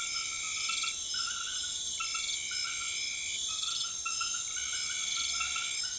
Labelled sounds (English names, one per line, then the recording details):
none
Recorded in secondary vegetation near Puerto Asís, Putumayo, Colombia, on 4 March 2025 at 01:00
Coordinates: 0.500, -76.326
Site GP04